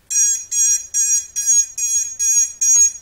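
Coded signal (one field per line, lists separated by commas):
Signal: beep code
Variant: DShot ESC motor beacon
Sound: rapid repeated buzzy beeps from the motors, about eight in three seconds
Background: small room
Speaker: that's the only thing I've changed now when I flip my beeper switch there you go and that's it so incredibly simple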